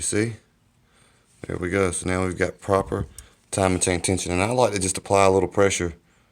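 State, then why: Not seated. Someone talks while handling the cam chain timing chain tensioner ratchet in a Honda Rancher 420 ATV engine, starting to apply a little pressure to it. Nothing has clicked or seated yet in this clip.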